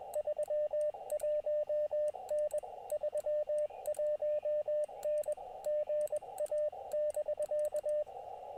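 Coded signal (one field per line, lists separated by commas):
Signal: Morse code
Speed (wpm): 21 wpm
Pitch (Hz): 600 Hz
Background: radio noise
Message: 31N 31N GA<BK>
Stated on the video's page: Live QRP POTA CW activation, Elecraft KX2 at 5 watts into an EFHW antenna, battery powered, calling CQ mainly on 20 metres.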